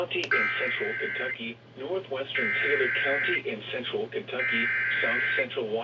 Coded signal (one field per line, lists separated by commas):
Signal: Emergency Alert System (SAME) tones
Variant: header bursts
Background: speech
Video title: THE SLIGHT RISK ADVENTURE. (PT.1-3)(EAS#161-182)(2/17/22)